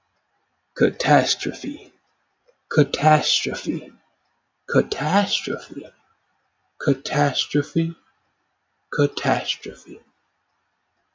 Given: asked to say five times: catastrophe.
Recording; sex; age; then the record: repeated word; male; 20 to 29 years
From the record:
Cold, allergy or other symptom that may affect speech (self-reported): no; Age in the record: 25 years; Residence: Florida, United States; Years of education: 16